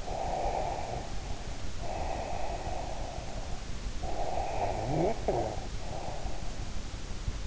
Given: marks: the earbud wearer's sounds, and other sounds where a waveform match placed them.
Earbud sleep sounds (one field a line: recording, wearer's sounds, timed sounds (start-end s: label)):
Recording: sounds in sleep by an in-ear microphone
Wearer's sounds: breath, snoring breath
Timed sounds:
0.00-3.77 s: breath
3.93-6.92 s: snoring breath